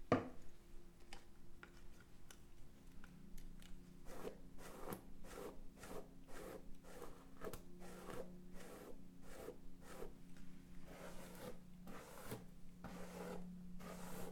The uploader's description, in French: J’attrape ma brosse à dent sortie du verre, j’ouvre le tube de dentifrice, Je me brosse les dents.